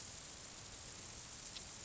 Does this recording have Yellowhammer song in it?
no